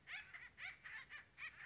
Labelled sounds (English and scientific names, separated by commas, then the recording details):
Acorn Woodpecker (Melanerpes formicivorus)
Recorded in Sonoma County, California